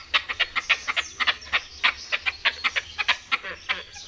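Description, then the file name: Great crested grebe giving a fast series of short, sharp, clicking notes, uneven in rhythm and loudness. "perkozdwuczuby"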